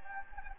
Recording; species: mosquito wingbeat signal from an infrared sensor; Anopheles gambiae